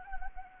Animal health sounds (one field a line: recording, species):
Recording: mosquito wingbeat signal from an infrared sensor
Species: Anopheles gambiae